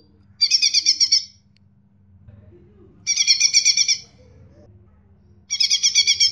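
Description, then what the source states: Bird song in three dense buzzy trilled bursts, each about a second long, spaced roughly every two and a half seconds. Chirping bird song compiled to train and tutor pet birds.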